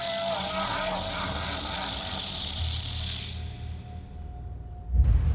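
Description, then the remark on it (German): A long, steady snake hiss, bright and airy, holds for about three seconds before trailing off into near silence, followed by a brief low rumble at the very end. “Wenn du noch lange rumsüllst, wird die Schlange unser letztes Pferd angreifen.”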